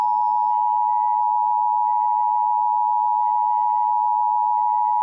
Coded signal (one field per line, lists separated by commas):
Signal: Emergency Alert System (SAME) tones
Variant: 853 and 960 Hz attention tone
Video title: EAS scenario - Las Vegas Enderman invasion (2016) - Part 2